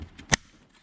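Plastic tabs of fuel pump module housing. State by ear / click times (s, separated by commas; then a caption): seated / 0.3 s. The small plastic tabs of an SRT4 fuel pump module housing are pushed together as the two plastic halves are reassembled around the fuel tubing and electrical wiring. After a faint tick at 0.2 s, a sharp, loud click at 0.3 s marks the tabs snapping into place, and the housing is seated.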